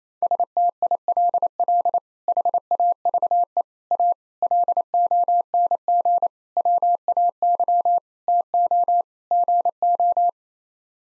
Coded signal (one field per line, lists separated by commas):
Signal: Morse code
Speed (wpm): 28 wpm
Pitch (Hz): 700 Hz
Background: none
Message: STILL HAVE A LONG WAY TO GO